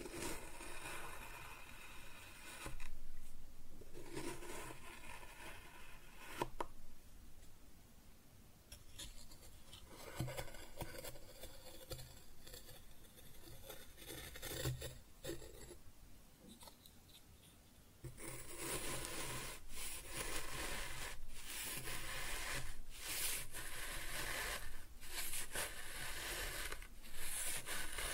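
Kinetic sand is cut and scooped in a run of soft, crumbly rasps and scrapes, with brief sharp clicks around 3, 6.5 and 15 seconds. After about 18 seconds the sound grows louder and brighter, a steady gritty hiss broken by quick strokes.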